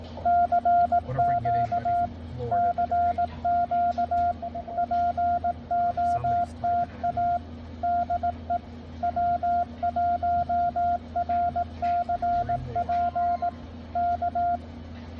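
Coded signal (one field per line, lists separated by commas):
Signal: Morse code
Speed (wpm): 18 wpm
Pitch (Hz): 700 Hz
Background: radio noise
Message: CQ CQ POTA DE W1RCP K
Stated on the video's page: CW from a Sunday morning state park outing for the NAQCC challenge, under poor band conditions.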